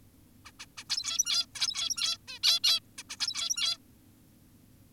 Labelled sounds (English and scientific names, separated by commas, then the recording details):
Zebra Finch (Taeniopygia guttata)
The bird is an adult
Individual g17y2U